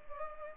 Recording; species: mosquito wingbeat signal from an infrared sensor; Culex pipiens